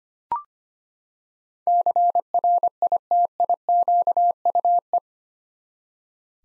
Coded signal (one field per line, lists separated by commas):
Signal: Morse code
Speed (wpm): 25 wpm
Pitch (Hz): 700 Hz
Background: none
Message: CRITIQUE